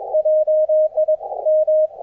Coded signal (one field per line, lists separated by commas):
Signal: Morse code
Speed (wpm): 21 wpm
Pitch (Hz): 620 Hz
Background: none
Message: JIM